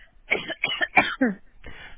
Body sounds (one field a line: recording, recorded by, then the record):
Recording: voluntary cough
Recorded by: telephone call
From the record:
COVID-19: negative